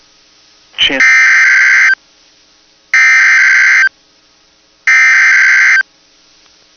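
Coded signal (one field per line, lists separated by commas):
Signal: Emergency Alert System (SAME) tones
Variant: header bursts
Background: speech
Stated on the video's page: Winter Storm Warning from NWS Duluth heard on NOAA Weather Radio WXM99.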